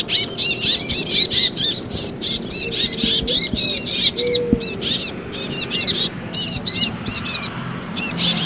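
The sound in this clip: Titmouse calls, a continuous string of short, high, arched notes delivered in quick clusters, steady low rumble underneath.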